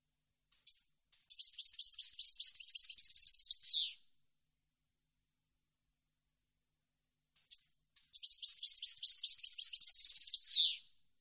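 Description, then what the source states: European goldfinch full song: a few introductory ticks, then a long, rapid, liquid twittering strophe ending in a descending buzz; two such strophes with a pause between. Clean goldfinch song meant for birds to copy, for song training.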